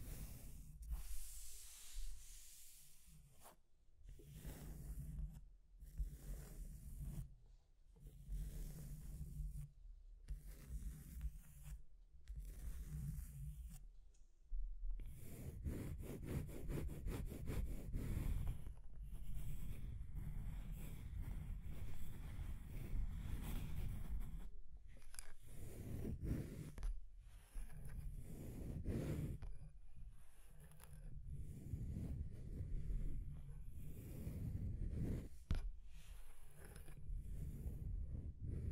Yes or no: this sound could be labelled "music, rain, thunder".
no